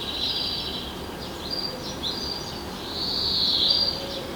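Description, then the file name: European greenfinch calls with quick twitters followed by a longer trill toward the end, over steady noise. "Chloris chloris"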